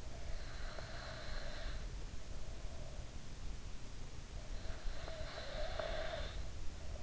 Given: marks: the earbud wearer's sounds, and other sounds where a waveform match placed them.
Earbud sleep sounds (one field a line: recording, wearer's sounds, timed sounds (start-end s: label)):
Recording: sounds in sleep by an in-ear microphone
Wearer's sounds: breath, snoring breath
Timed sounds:
0.15-2.67 s: breath
4.55-7.03 s: snoring breath